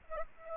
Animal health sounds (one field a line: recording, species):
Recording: mosquito wingbeat signal from an infrared sensor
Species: Aedes aegypti